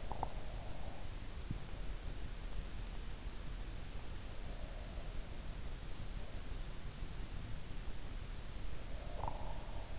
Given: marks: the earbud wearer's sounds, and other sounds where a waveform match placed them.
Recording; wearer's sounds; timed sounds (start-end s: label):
sounds in sleep by an in-ear microphone; snoring breath
0.00-0.48 s: snoring breath
9.00-9.91 s: snoring breath